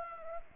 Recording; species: mosquito wingbeat signal from an infrared sensor; Anopheles arabiensis